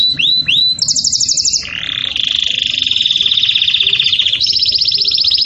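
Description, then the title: Canary song opening with two rising whistles, then rapid pulsed trills changing in pitch, including a long steady rattling trill. Campainha song style, used for teaching young birds to sing. "Canto Do Canário Belga Campainha Para Encarte De Filhotes"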